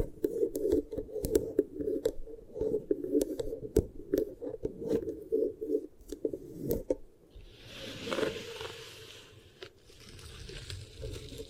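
Beeswax ear triggers: soft, sticky pressing and squishing with a low, muffled rumble, broken by frequent sharp clicks and pops through the first seven seconds. After that the clicks thin out and a brighter crinkly rustle rises around eight to nine seconds before fading.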